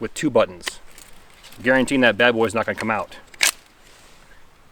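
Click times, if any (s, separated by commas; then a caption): 3.4 s. A fixed-blade knife is pushed into its belt sheath, which has a large front strap with two snap buttons. Someone talks, then the knife locks into place with a sharp click at 3.4 s, leaving the knife seated.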